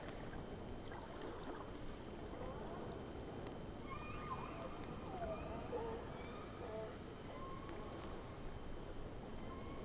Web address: Sea Snake 10-3-06 Whales X 2 11-30